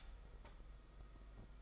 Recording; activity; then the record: daily activity, microphone in the room; stop toaster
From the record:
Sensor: 5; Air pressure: 991.8 hPa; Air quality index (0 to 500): 167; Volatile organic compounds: 410 ppm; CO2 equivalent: 4688 ppm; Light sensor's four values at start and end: 33/109/41/43 and 33/109/41/43